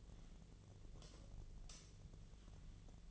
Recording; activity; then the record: daily activity, microphone in the room; light off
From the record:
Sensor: 4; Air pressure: 1010.6 hPa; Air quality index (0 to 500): 173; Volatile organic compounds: 5 ppm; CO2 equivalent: 1760 ppm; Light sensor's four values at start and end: 36/106/42/43 and 36/105/42/42